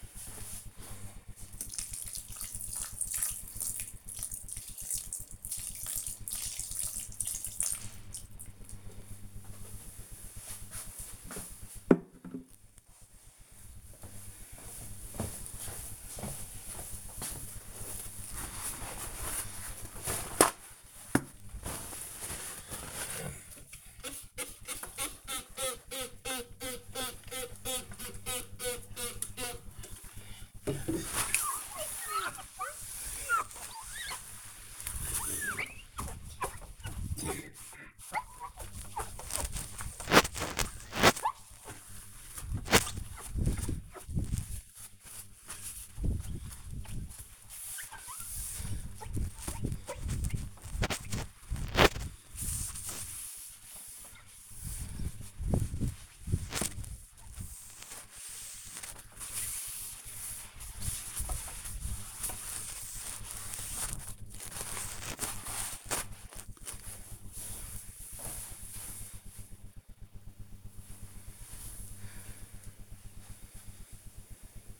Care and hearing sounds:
household activities, microphone on the right wrist
0.00-8.91 s: watering plant
16.98-64.29 s: window cleaning

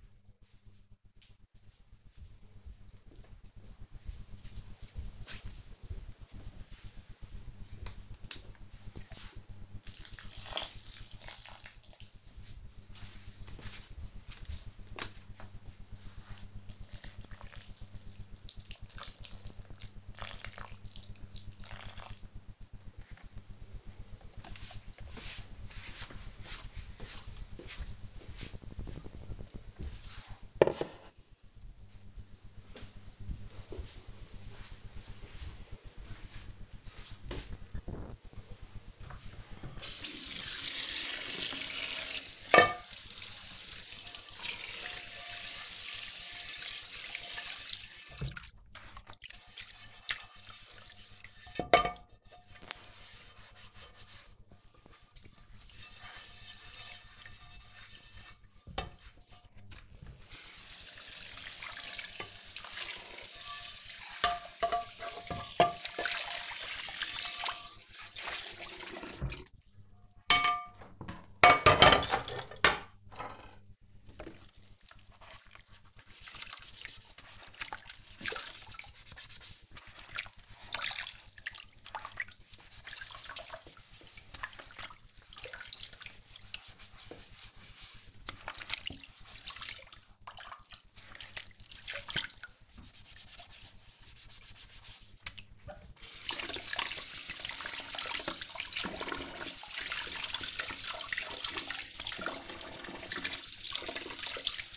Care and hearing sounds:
household activities, microphone on the right wrist
0.00-22.73 s: watering plant
37.83-104.77 s: washing dishes

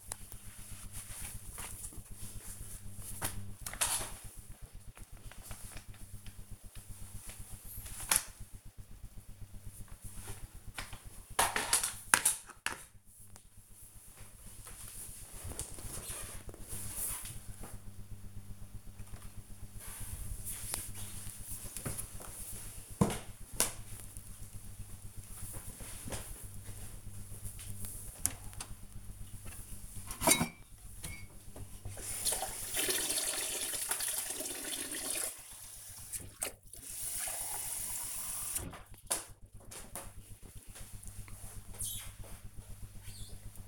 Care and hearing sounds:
household activities, microphone on the right wrist
0.00-10.71 s: floor cleaning
38.92-43.68 s: drinking

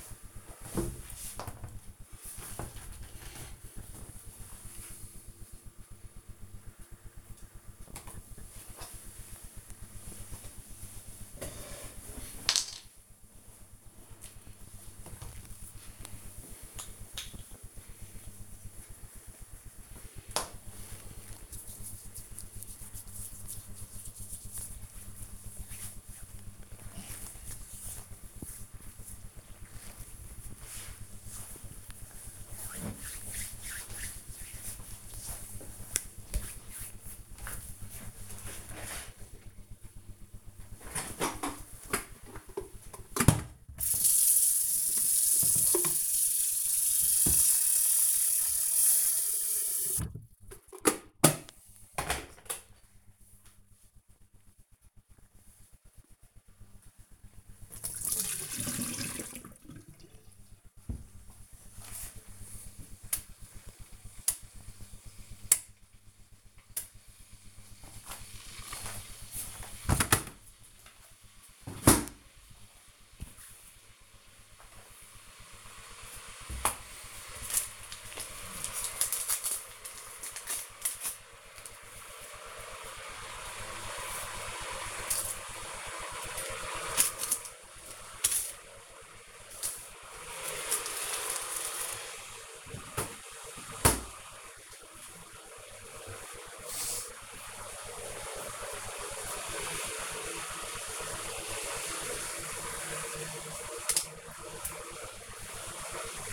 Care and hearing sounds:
household activities, microphone on the right wrist
7.11-36.31 s: cream hands
39.35-106.33 s: making tea

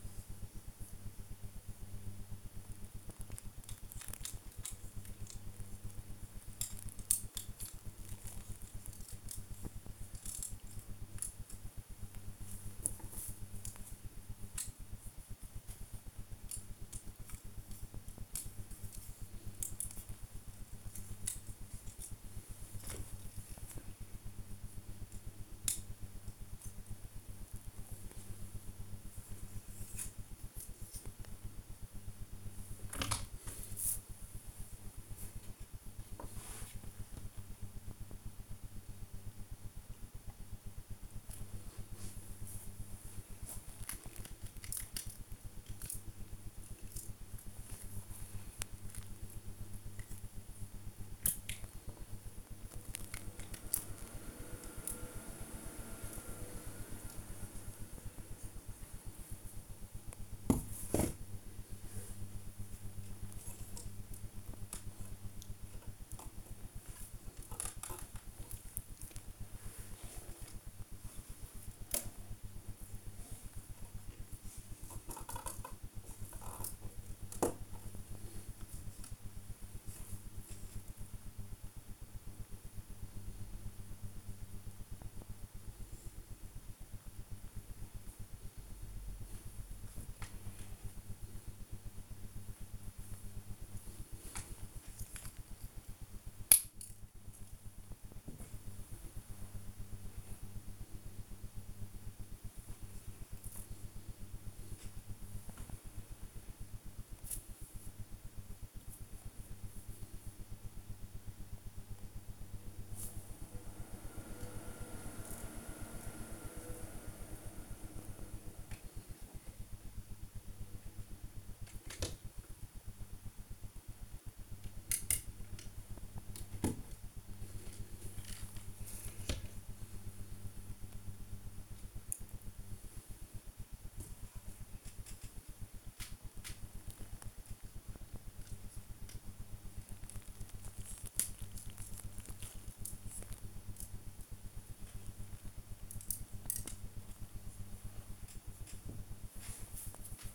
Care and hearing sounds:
household activities, microphone on the right wrist
0.00-150.35 s: build with lego

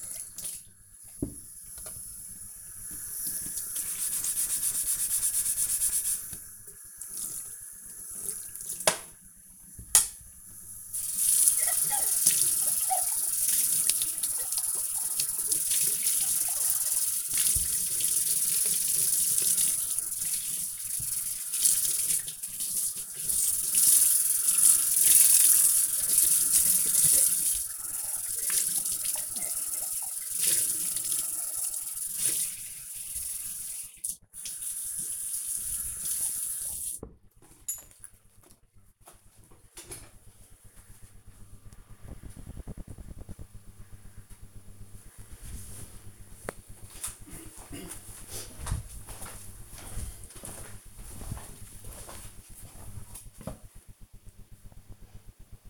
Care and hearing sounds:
household activities, microphone on the right wrist
0.00-37.39 s: washing dishes

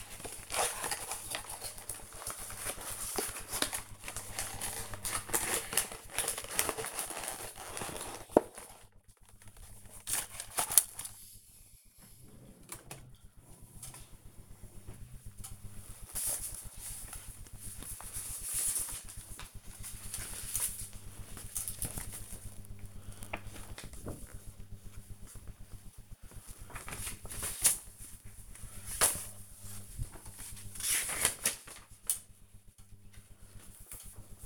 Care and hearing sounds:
household activities, microphone on the right wrist
0.00-34.46 s: sorting documents

